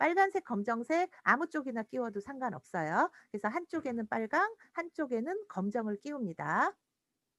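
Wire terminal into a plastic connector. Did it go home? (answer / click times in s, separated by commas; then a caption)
no / none. A red wire and a black wire with hook-shaped ends, hooks facing up, are being fitted into the holes of a small plastic connector, one wire on each side. Someone talks throughout, and nothing has clicked into the connector or seated yet.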